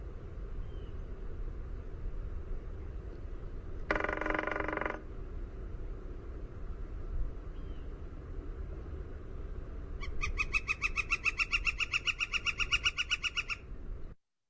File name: NOFL drumming long